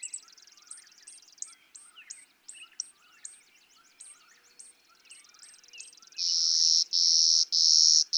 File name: Clay-colored Sparrow